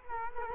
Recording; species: mosquito wingbeat signal from an infrared sensor; Culex quinquefasciatus